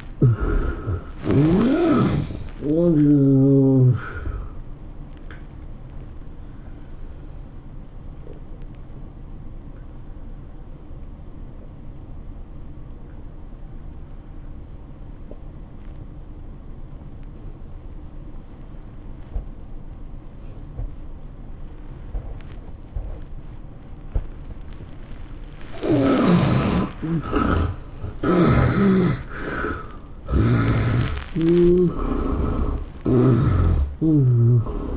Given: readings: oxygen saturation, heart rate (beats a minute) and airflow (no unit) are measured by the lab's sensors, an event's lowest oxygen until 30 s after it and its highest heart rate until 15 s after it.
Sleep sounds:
breathing in sleep by a smartphone at the bedside; 1
4.00-26.90 s: hypopnea (N2, oxygen 96% highest, then 76% lowest, heart rate 110 at the start, 111 highest)
10.00-34.97 s: new sleep stage, N1 (lightest sleep)
From the record:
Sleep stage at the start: N2 (light sleep); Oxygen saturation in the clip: 73 to 96%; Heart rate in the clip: 92 to 111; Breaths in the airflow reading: 6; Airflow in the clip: -10.8 to 11.6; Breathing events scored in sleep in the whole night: 403 in 5.5 hours asleep

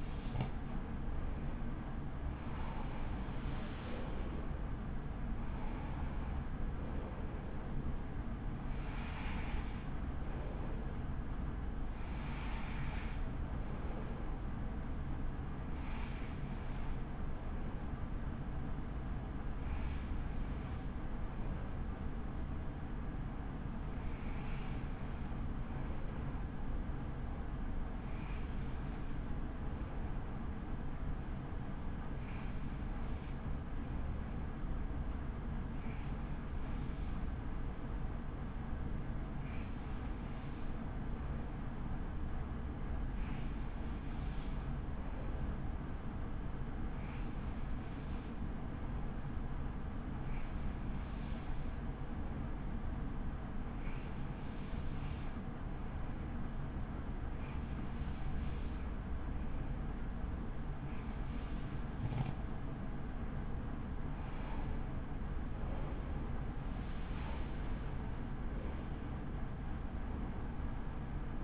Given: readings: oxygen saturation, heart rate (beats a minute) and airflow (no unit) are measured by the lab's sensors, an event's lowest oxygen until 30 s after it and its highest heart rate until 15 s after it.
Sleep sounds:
breathing in sleep by a smartphone at the bedside; 1
26.00-67.30 s: hypopnea (N2, oxygen 96% highest, then 94% lowest, heart rate 48 at the start, 68 highest)
53.00-71.44 s: new sleep stage, N1 (lightest sleep)
From the record:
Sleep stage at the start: N2 (light sleep); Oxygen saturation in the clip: 93 to 96%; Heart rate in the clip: 36 to 70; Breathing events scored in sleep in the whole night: 83 in 6.1 hours asleep

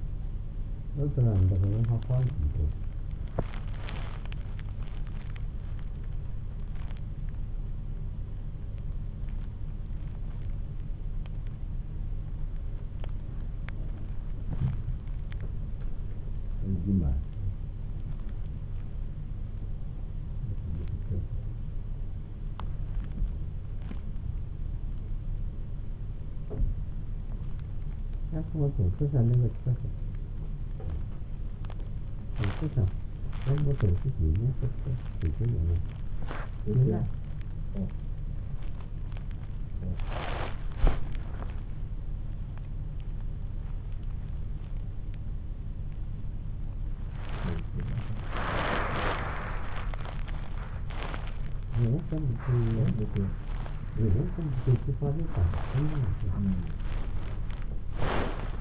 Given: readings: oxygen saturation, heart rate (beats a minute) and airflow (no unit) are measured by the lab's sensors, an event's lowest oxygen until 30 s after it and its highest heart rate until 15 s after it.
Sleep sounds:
a person awake in a sleep study, by a smartphone at the bedside; none
0.00-58.61 s: awake
From the record:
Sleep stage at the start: awake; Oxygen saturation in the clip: 92 to 94%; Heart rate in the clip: 60 to 65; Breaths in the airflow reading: 18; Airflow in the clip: -2.8 to 4.9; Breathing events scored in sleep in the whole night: 388 in 6.5 hours asleep

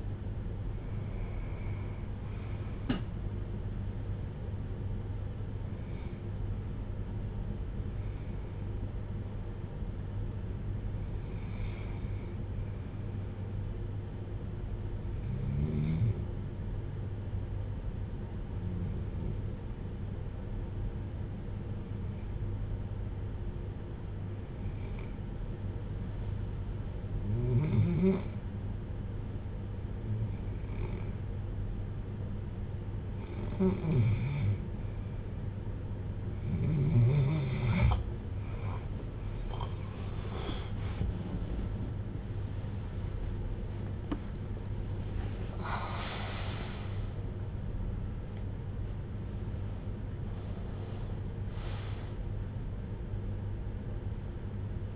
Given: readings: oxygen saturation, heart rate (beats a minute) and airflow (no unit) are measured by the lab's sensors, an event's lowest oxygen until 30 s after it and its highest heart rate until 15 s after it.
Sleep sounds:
breathing in sleep by a smartphone at the bedside; 1
8.00-36.70 s: hypopnea (REM, oxygen 96% highest, then 88% lowest, heart rate 57 at the start, 92 highest)
From the record:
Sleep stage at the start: REM sleep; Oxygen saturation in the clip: 88 to 96%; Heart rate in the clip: 56 to 92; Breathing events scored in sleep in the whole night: 310 in 8.1 hours asleep

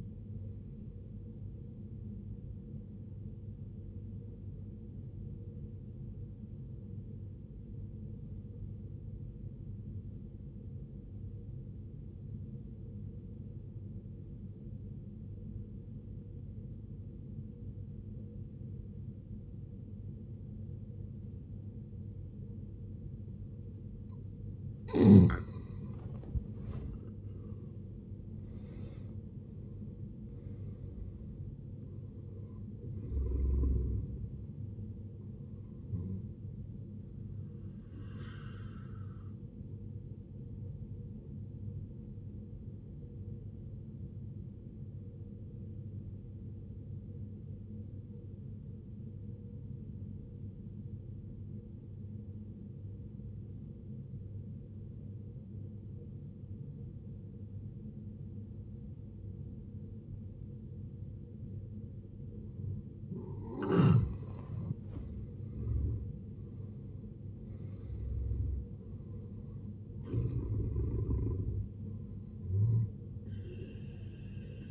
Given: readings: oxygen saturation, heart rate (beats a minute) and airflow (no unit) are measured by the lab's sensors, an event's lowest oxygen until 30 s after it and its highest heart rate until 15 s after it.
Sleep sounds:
breathing in sleep by a smartphone at the bedside; 2
4.00-27.20 s: obstructive apnea (N1, oxygen 94% highest, then 76% lowest, heart rate 64 at the start, 77 highest)
47.00-66.10 s: obstructive apnea (N1, oxygen 94% highest, then 77% lowest, heart rate 64 at the start, 76 highest)
From the record:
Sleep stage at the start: N1 (lightest sleep); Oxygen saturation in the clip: 76 to 94%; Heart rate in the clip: 54 to 77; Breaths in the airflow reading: 9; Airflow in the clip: -17.7 to 17.4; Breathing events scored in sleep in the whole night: 389 in 6.3 hours asleep

